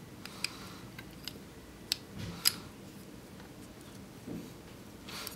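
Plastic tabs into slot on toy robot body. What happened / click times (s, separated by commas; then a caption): Plastic tabs snap into their slot / 1.9 s, 2.5 s. Plastic tabs on a Transformers Cybertron Scrapmetal robot toy are plugged into a slot on the toy's body while it is changed between modes. A few faint plastic ticks lead up to two sharp snaps at 1.9 s and 2.5 s. The tabs seat and lock into place.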